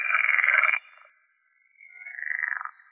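Pool frog calling, two buzzy, nasal croaking bursts, the first loud and abrupt, the second swelling more gradually, separated by a short pause.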